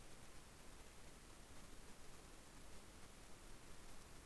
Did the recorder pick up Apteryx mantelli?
no